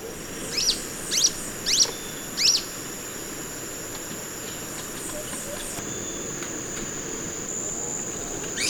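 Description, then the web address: Golden-crowned flycatcher calls: four high, squeaky notes given about 0.6 seconds apart, over a steady high whine. Recorded in Ecuador. "Natures Songs S America Birds of Ecuador. Golden-Crowned Flycatcher"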